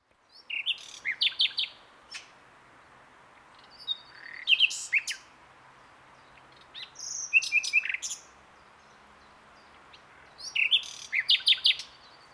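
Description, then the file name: Common nightingale singing four separate phrases of sharp, high, varied chirps and clicks, with pauses of two to three seconds between them. "Luscinia megarhynchos"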